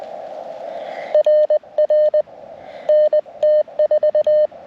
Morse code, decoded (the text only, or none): RR NT4